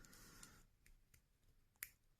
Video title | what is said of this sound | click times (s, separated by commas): Beast Wars Predacon Waspinator - Transformers Toy Review | Like that, and it'll just click into place. | 1.8 s